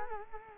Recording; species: mosquito wingbeat signal from an infrared sensor; Culex quinquefasciatus